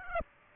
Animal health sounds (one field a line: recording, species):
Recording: mosquito wingbeat signal from an infrared sensor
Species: Aedes aegypti